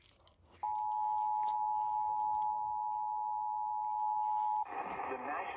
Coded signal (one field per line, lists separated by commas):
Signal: Emergency Alert System (SAME) tones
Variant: 853 and 960 Hz attention tone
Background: speech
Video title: (PDS) Tornado Warning EAS#356